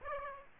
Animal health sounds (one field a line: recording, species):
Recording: mosquito wingbeat signal from an infrared sensor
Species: Aedes aegypti